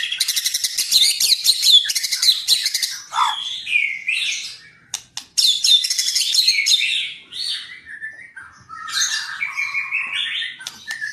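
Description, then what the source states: White-rumped shama song, a fast, dense run of buzzy high chattering notes broken by descending whistled slurs and sharp clicks, restless and varied throughout. Masteran (training recording) for caged birds, titled Murai Batu Labaik.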